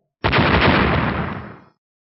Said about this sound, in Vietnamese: Thanh âm nổ vang liên tiếp nối nhau, hổ ảnh màu đỏ thẫm tan vỡ, cùng với đó là kiếm cầu vồng màu vàng cũng tan vỡ theo.